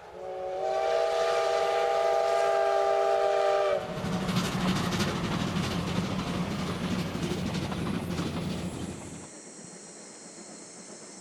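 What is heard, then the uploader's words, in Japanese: A train pulled by two steam locomotives opens with a loud, steady whistle for nearly four seconds. Then comes a dense rumble of chuffing and rattling carriages, which drops away around nine seconds to a thinner hiss. JR山口線を走る重連の「SLやまぐち号」（後半）です。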